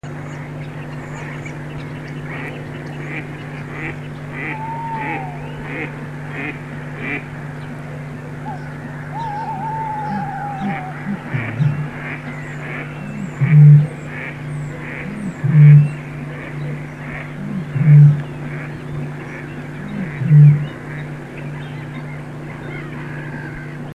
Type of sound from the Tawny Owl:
song